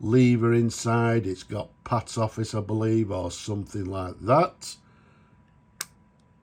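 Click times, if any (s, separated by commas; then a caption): 5.8 s. Someone talks, then presses the filling lever of a vintage Waterman's Ideal 52 red ripple hard rubber lever-fill fountain pen, a clipless model in beautiful condition, back flush into the barrel. The lever snaps closed with a sharp click at 5.8 s, followed by a faint tick, and locks into place.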